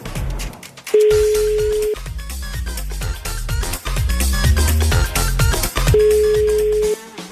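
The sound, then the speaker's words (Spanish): Two unanswered telephone ringing tones, each a steady mid-pitched hum lasting about a second, sound several seconds apart over loud, busy background music, before the call goes to voicemail. “No contesta.”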